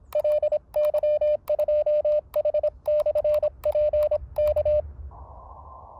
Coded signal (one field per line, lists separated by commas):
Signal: Morse code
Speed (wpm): 26 wpm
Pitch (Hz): 600 Hz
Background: radio noise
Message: LY2H/P K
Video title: My Tuned Linked EFHW 40-30-20m band Antenna with Common Mode Current suppressed in the field!